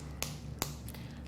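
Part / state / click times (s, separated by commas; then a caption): ostomy pouch ring into barrier flange coupling / seated / 0.2 s, 0.6 s. The two halves of a low-profile plastic ostomy coupling are pushed together, pressing the pouch ring onto the barrier flange. Two sharp, clearly audible clicks sound at 0.2 s and 0.6 s, followed by a few faint ticks. The coupling is seated.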